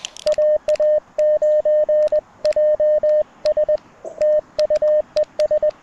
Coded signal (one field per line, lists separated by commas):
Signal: Morse code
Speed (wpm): 20 wpm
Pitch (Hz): 590 Hz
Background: radio noise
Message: AA9JS TU ES